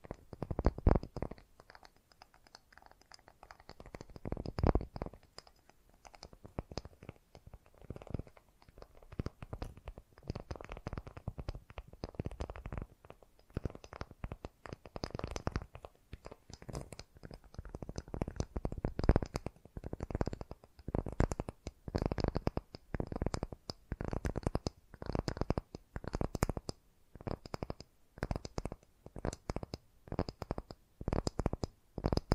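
Fast, gentle tapping runs through the whole clip as dense clusters of soft, dull knocks with short gaps between bursts. The taps are low and muffled, with a faint high hiss above them, and the pace picks up and grows busier after about fifteen seconds.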